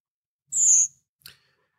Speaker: En de kopenwiek dit langgerekte si geluid.